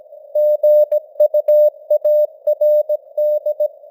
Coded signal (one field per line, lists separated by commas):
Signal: Morse code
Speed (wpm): 17 wpm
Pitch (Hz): 600 Hz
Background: none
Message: GUARD